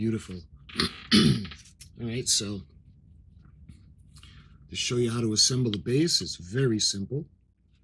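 A display stand piece is being handled for assembly into the base of an Eaglemoss U.S.S. Enterprise NCC-1701-D 18K gold plated XL Edition (2020) die-cast starship model while someone talks. Only faint handling sounds come between the speech, and nothing has seated or clicked into place yet.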